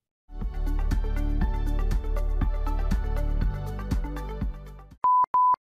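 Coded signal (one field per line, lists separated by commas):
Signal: beep code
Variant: BIOS POST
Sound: music, then two short steady mid-pitched beeps after it stops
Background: music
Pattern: 2 short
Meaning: Two short beeps signal a POST error, a general hardware issue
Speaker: Two short beeps meaning post or also known as power on self- test error. A general hardware issue.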